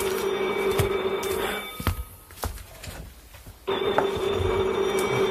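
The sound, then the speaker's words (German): A telephone rings in two long, steady buzzing bursts separated by a short pause. A few soft knocks and shuffles fill the quiet gap between the rings. “Das Telefon, entschuldigen Sie mich bitte.”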